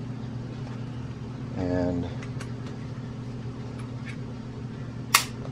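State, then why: Seated. A plastic piece of a custom game controller is refitted into the controller shell and snaps back into place with one loud, sharp click at 5.2 s, over a steady low hum. Someone talks briefly near the start, and a few faint taps come before the click. The piece is seated.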